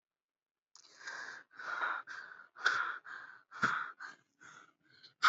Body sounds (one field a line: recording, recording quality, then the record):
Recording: deep breathing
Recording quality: excellent, no background noise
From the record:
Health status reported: healthy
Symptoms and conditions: none ticked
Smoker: not ticked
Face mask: not worn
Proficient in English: yes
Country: India